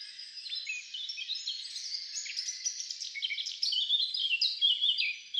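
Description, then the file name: Eurasian blackcap song: an unbroken stream of chattering, twittering notes with brighter whistled phrases that swell louder from about 3.6 seconds to near the end. "Sylvia atricapilla"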